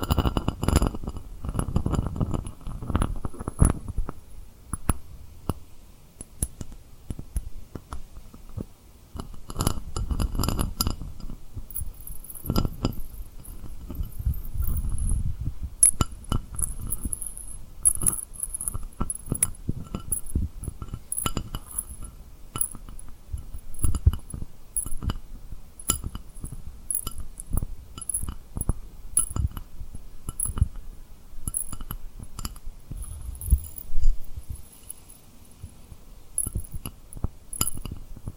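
Rhinestones are tapped and rubbed in quick, irregular bursts of clicks, with soft low rubbing swells and bright glassy clinks scattered throughout.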